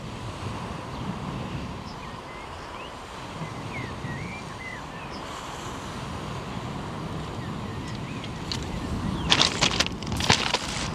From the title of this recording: Waves and bird life: Ambience from a walk along Omø coastline